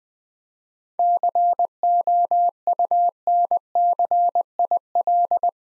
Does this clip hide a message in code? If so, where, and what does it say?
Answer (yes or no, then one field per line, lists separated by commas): yes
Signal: Morse code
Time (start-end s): 1.0-5.5 s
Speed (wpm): 20 wpm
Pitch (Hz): 700 Hz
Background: none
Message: COUNCIL